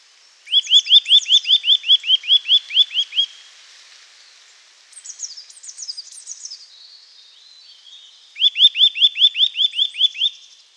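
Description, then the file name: Eurasian nuthatch giving two fast runs of loud, clear arched notes, separated by a stretch of higher, twittering chatter. "Sitta europaea"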